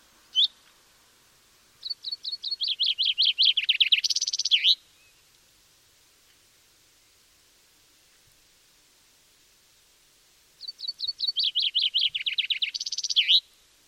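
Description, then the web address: Common chaffinch gives a single sharp note, then two full songs of quickening, tumbling notes ending in a twirled flourish, with a long pause between them. "Deverinetal"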